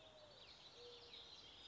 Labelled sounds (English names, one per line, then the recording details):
Mourning Dove
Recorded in Sonoma County, California